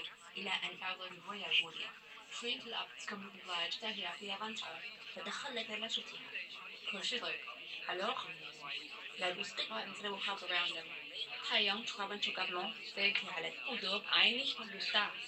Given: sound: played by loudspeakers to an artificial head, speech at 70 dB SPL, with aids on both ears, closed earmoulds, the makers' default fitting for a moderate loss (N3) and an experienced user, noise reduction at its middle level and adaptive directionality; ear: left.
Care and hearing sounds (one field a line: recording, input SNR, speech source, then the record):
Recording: speech test signal (ISTS) in cocktail-party noise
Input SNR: +9 dB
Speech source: on the right (90 degrees)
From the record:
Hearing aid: class 1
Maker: I